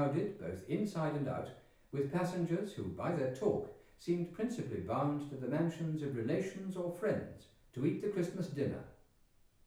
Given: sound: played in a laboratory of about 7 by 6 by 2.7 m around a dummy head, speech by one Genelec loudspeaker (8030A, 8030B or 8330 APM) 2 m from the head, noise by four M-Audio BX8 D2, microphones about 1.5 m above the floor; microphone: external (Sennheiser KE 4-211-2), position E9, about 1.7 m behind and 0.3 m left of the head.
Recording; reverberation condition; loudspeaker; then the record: male speech in English; medium; in front (0 degrees)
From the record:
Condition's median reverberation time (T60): about 510 ms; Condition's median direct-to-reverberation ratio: about -0.5 dB